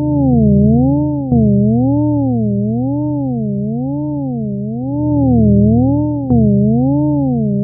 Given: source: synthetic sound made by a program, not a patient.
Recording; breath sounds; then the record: synthetic breath sounds; wheeze and crackles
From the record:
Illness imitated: COPD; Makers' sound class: wheeze and crackles